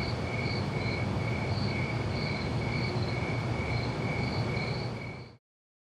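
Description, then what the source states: Crickets chirping in a steady, pulsing high trill with regular beats, over a heavy low rumble that continues throughout, then everything stops abruptly near the end. Crickets recorded at night.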